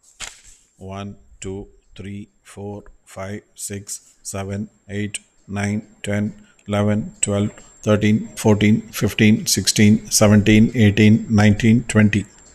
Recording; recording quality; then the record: counting at a normal pace; excellent, no background noise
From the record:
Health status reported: healthy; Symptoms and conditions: diabetes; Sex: male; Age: 51 years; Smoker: yes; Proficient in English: yes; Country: India